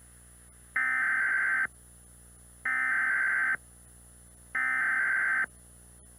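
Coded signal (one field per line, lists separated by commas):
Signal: Emergency Alert System (SAME) tones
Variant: header bursts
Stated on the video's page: Fictional EAS scenario, a reupload of another creator's work.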